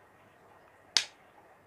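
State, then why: Released. A machete blade in a wooden sheath is pushed upward to release its lock, giving a single sharp click at 0.9 s. The blade locks when pressed down into the sheath, and this click unlocks it so it can then be pulled out. The sound is quiet before and after the click.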